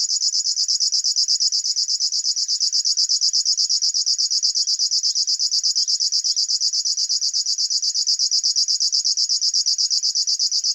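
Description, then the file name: River warbler song, a long, steady, rapidly pulsing insect-like buzz continuing without a break for over ten seconds. "Schlagschwirl - Locustella fluviatilis"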